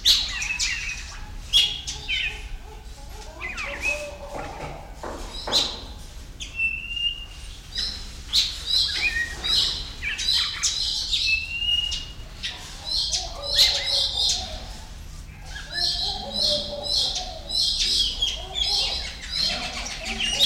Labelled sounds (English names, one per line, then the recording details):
Violet-backed Starling
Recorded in captivity
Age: adult
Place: Zoo Berlin, Berlin, DE
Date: 1993-01-30
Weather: -6°C, sonnig
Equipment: Marantz CP 430, Sennheiser ME 80, Kopie Uher Variocord 263
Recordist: Tembrock, Günter